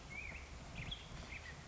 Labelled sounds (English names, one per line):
Black-headed Grosbeak